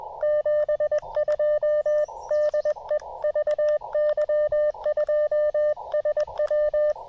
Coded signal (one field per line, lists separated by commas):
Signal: Morse code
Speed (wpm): 21 wpm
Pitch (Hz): 600 Hz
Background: none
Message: 72 DE VY2SW